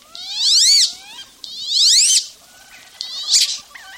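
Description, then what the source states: Wood Duck giving long, squealing, rising calls that climb steeply and then cut off, two in a row, followed by a shorter squeal. Wood duck (Aix sponsa), saved from near extinction.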